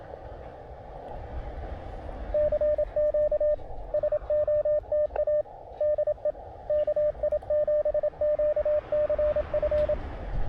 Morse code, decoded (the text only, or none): CQ SOTA DE KI7QCF